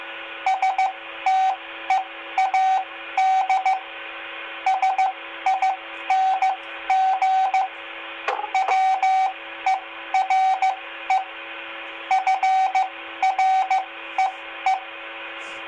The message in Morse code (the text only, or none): STEAD SING WERE FREE